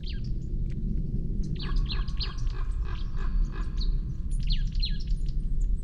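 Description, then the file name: Marsh tit calls: high, downward-sweeping notes over heavy low rumbling noise. "Poecile palustris"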